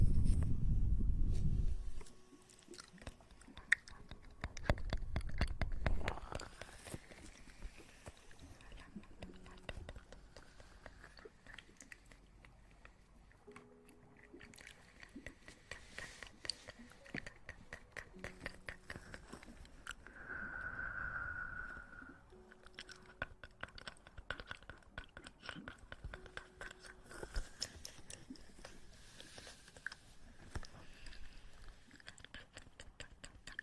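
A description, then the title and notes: Wet mouth sounds of ear eating: a dense, steady stream of small clicks, smacks and sticky pops. A deeper muffled rush opens the first two seconds and returns near five seconds, and faint thin squeaky tones drift through the middle. Ear eating.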